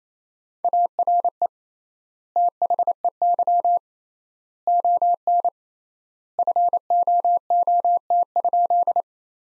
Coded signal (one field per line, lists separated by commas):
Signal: Morse code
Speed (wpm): 28 wpm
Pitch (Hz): 700 Hz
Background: none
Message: ARE THEY ON FOOT?